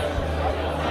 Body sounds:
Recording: background sound without coughing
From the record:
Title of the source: CITY SOUNDS Busy Bar in the Evening Night - 2 HOURS of Ambiance for Relaxation

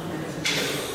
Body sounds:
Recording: coughing mixed with background sound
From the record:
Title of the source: 30 Chesty and wet cough

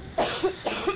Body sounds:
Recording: coughing mixed with background sound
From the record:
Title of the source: 61 morning phlegmy cough...again

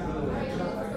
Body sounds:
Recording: background sound without coughing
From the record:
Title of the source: 60 minutes of coffee shop sounds for study and concentration

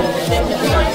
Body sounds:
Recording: background sound without coughing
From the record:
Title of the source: Nightlife Party Simulating Party Club Noise 1 Hour

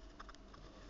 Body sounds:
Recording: background sound without coughing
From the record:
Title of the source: wind

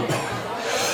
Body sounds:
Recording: coughing mixed with background sound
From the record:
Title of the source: Cough Around the Clock!

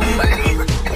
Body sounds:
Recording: coughing mixed with background sound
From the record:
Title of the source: choking, hacking coughing

